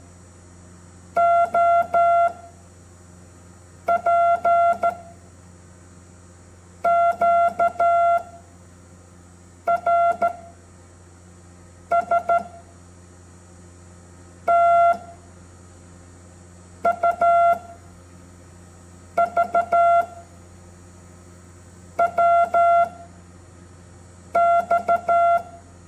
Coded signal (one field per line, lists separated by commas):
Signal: Morse code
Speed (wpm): 14 wpm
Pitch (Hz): 690 Hz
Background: none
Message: O P Q R S T U V W X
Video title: MORSE CODE ENGLISH ALPHABET